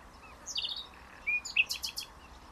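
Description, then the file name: Common nightingale song phrase with high thin notes, a short whistle, then a quick run of loud repeated clicks against low background hiss. "Luscinia megarhynchos"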